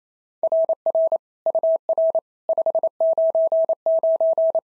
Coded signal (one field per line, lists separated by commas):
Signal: Morse code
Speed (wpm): 28 wpm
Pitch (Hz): 650 Hz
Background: none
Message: RR UR 599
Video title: SOTA QSO Practice 28wpm